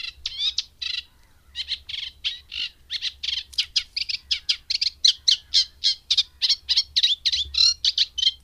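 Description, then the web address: Eurasian reed warbler singing a steady run of scratchy, chattering notes at about four per second, after a brief pause near the start. "Madardalok Cd 3 Cserregő nádiposzáta"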